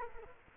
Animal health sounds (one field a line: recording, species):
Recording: mosquito wingbeat signal from an infrared sensor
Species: Culex quinquefasciatus